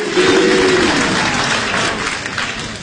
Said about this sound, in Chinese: 谢谢朋友们， 谢谢大家伙的掌声鼓励。